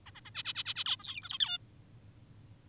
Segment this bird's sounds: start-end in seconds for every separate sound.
0.06-0.11, 0.15-0.20, 0.25-0.30, 0.35-0.43, 0.45-0.54, 0.55-0.64, 0.66-0.74, 0.76-0.84, 0.86-0.96, 1.00-1.39, 1.40-1.58